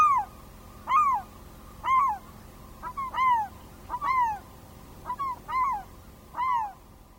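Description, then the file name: Slaty-backed gull calls: loud, arched, mewing notes with rich overtones, repeated roughly once a second, some with short lead-in notes. Recorded at Tomamae, Hokkaido, on 28 February 2011. "oseguro tomamae mju"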